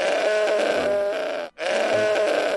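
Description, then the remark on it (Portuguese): A billy goat inside a room bleats twice, each call loud, long and quavering with a nasal, buzzy tone, separated by a short pause. No one talks over it. “Ah, que diabo é isso? O cara tá com um bode aí dentro.”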